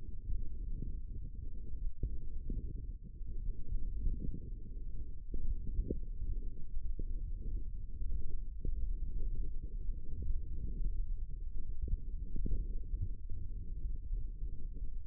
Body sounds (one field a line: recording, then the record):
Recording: forearm muscle sounds (acoustic myography)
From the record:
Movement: wrist extension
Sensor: system 1, eight BSWA MPA416 microphones around the upper forearm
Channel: 3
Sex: male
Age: 18 years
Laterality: right